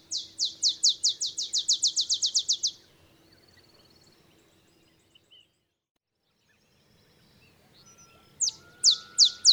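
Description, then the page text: Olive sparrow singing an accelerating series of high downslurred chips, then a quiet pause before a second song begins with several spaced sharp notes. Simple songs like a bouncing ball, sung early morning in Texas, 50 miles north of the Mexican border. "Birdsong for the Curious Naturalist. Olive sparrow"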